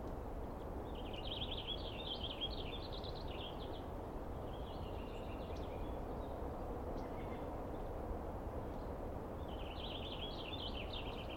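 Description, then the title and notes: Douglas squirrel chattering in three rattling, trilled bursts separated by pauses, over a continuous low background rumble. Douglas squirrel screaming and calling persistently for a long time at dawn, morning of 21 April 2017, East Cascades; identified by its sound. "screaming Douglas Pine Squirrel"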